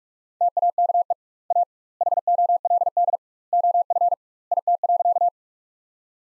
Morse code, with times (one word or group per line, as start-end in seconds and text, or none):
0.4-1.1 TAKE
1.5-1.6 A
2.0-3.2 HOLD
3.5-4.1 OF
4.5-5.3 IT.